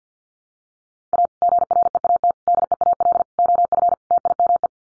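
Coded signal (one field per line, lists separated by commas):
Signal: Morse code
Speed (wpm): 50 wpm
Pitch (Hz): 700 Hz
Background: none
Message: A GREAT DEAL OF TIME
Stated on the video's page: Head-copy practice of five-word sets at 50 wpm, each sent in Morse, spoken, then sent again.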